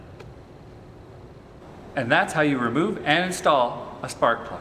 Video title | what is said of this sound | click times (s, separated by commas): How To Remove a Sparkplug | last step is to push the spark plug boot over top of the spark plug until you feel or hear it click | 0.2 s